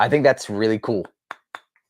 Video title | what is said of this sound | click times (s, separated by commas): Blind Buys Cheapies and Niche - Was It Worth It? | maybe give but and it snaps into place dude you could break the cap | 1.3 s, 1.5 s